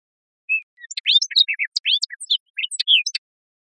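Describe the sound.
Hooded oriole giving a quick jumbled run of sharp chips, short slurred whistles and chatter notes over about three seconds, otherwise quiet.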